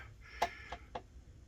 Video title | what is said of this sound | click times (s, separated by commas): Computer Running Slow? - Maybe It's Time To Do A Thorough Cleaning | this just snaps back in you can see | 0.4 s